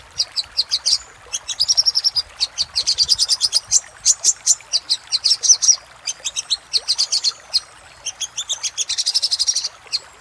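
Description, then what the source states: Little spiderhunter song: bursts of quick, high, clicking chips broken by short pauses, with some notes merging into brief, dense trills. Masteran (tutor) recording of sogok ontong song, used to train cage birds; labelled Labaik.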